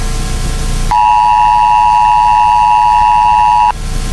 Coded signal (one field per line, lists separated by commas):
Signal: Emergency Alert System (SAME) tones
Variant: 853 and 960 Hz attention tone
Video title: Lucifer attacks North America - A short EAS scenario